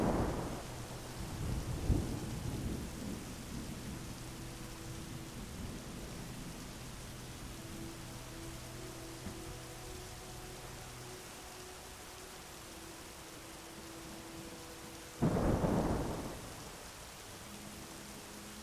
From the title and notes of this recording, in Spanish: TORMENTA, LLUVIA y MELODÍA. Sumérgete en el cautivador sonido de la tormenta, donde cada relámpago lejano es seguido del suave murmullo de la lluvia. Déjate llevar por una melodía delicada y calmante.